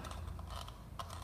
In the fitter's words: When you hear the click sound, you know that the cap is securely in place and locked.